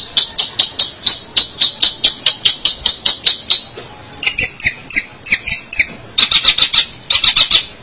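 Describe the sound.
Long-tailed shrike repeating a rapid, even series of high chirps, then breaking into squeaky, buzzy phrases and doubled notes.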